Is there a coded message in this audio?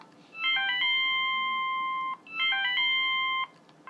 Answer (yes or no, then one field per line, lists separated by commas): no